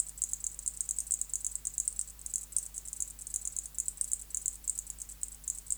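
Zichya bush-cricket stridulating, a high rasping buzz broken into rapid pulse groups, steady throughout, with a faint low background hum.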